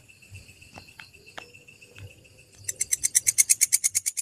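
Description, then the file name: Grasshopper stridulation: faint tonal hum and a few soft clicks, then from past midway a loud, high, dry pulsed rasp of rapid, even pulses until the end. "suara belalang kecek"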